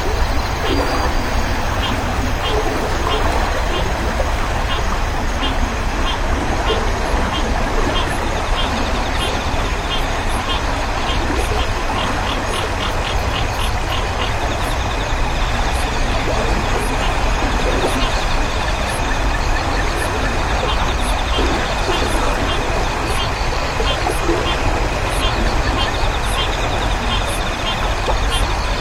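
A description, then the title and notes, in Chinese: A quiet river with frogs and insects calling. A steady, dense wash of sound runs the whole time, with a low rumble underneath, while rapid regular chirps and ticking calls repeat high above it without pause. 静静的河流蛙虫啼鸣。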